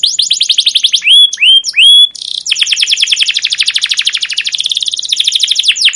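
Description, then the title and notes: Canary singing rapid chirps, a few loud upslurred whistles, then a long, steady run of fast repeated notes. Captive canary singing a long 'cuit cuit ngerol' chirping song, used as a lure and master song for young canaries learning to sing. "CUIT CUIT NGEROL GACOR PANJANG Kenari Pancingan KENAR. PANCINGAN Kenari GACOR PANJANG Cuit CUIT EMOSI MASTERAN Kenari PAUD belajar BUNYI. burung kenari"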